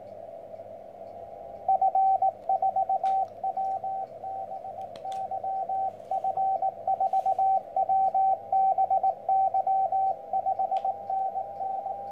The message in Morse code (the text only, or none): F4WBY F4WBY 5NN